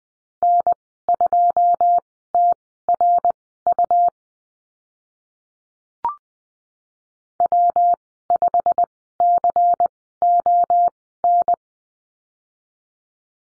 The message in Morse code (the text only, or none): N2TRU W5CON